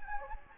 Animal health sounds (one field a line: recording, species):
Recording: mosquito wingbeat signal from an infrared sensor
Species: Anopheles gambiae